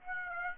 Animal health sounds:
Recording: mosquito wingbeat signal from an infrared sensor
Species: Aedes aegypti

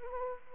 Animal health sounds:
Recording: mosquito wingbeat signal from an infrared sensor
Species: Anopheles arabiensis

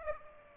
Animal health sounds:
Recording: mosquito wingbeat signal from an infrared sensor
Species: Aedes aegypti

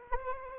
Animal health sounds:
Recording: mosquito wingbeat signal from an infrared sensor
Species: Anopheles arabiensis

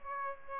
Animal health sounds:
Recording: mosquito wingbeat signal from an infrared sensor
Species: Aedes aegypti

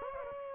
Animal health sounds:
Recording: mosquito wingbeat signal from an infrared sensor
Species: Aedes aegypti

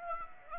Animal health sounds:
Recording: mosquito wingbeat signal from an infrared sensor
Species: Aedes aegypti

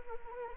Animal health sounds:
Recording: mosquito wingbeat signal from an infrared sensor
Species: Anopheles arabiensis

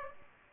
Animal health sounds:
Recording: mosquito wingbeat signal from an infrared sensor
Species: Aedes aegypti

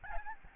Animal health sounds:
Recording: mosquito wingbeat signal from an infrared sensor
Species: Aedes albopictus

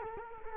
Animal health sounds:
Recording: mosquito wingbeat signal from an infrared sensor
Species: Culex quinquefasciatus

